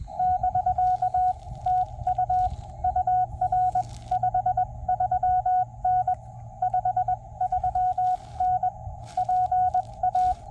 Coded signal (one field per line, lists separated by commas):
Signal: Morse code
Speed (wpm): 20 wpm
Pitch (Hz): 740 Hz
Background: none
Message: <BK> TU UR 53N 53N PA